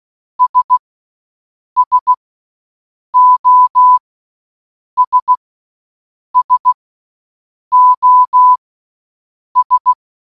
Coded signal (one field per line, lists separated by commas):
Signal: Morse code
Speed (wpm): 16 wpm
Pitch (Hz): 1000 Hz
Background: none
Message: S SOS SOS